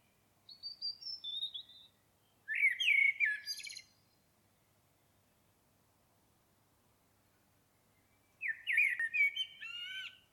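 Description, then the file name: Common blackbird song: a high thin twitter, then two fluty, low warbled phrases about six seconds apart, each ending in squeaky notes, with quiet gaps between. "Turdus merula"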